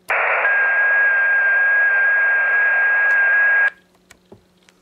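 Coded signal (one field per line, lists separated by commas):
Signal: JS8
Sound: a steady thin whistle near 1.6 kHz with tiny pitch steps, buried in hiss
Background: radio static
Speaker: I just interrupted the signal for a short time and we'll see if I lose anything as a result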